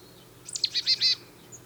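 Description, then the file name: Marsh tit call, one quick phrase of a thin high note then four harsh, buzzy notes in rapid succession. "Poecile palustris"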